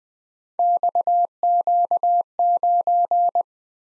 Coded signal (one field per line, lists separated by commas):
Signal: Morse code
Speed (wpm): 20 wpm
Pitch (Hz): 700 Hz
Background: none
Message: XQ9